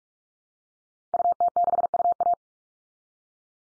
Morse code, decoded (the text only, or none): UT6UA